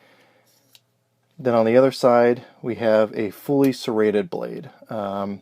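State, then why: Seated. The metal file of a Leatherman Wave folding multi-tool is opened until its liner lock engages with a small, sharp tick at 0.8 s. Someone then talks. The file is locked open.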